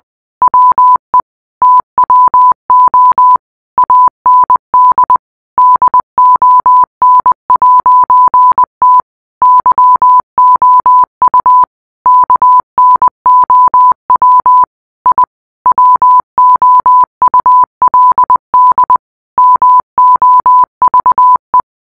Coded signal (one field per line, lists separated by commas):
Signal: Morse code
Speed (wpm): 20 wpm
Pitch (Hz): 1000 Hz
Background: none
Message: WE TWO AND DON'T YOU KNOW I WOULD MOVE